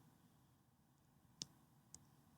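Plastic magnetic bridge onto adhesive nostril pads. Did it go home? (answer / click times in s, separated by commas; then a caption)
yes / 1.4 s, 1.9 s. A plastic magnetic nasal-dilator bridge is pressed over the nose onto two adhesive pads, which hold small magnets or metal pieces on either side of the nostrils. Against a quiet background, two small sharp snaps are heard at 1.4 s and 1.9 s, likely the two sides snapping on. The bridge seats, though the snaps are faint.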